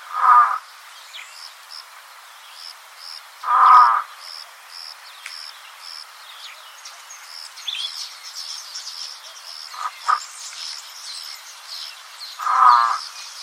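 Spoonbill calls, three loud rasping bursts spaced several seconds apart, with a rapid high pulsing insect tone and a few faint chirps between.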